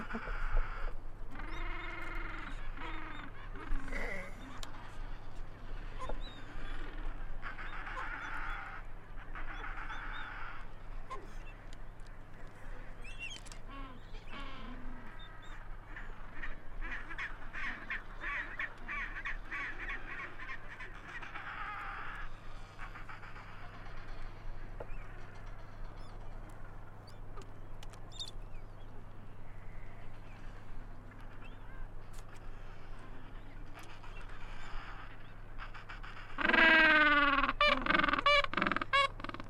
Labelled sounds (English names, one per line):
Gentoo Penguin call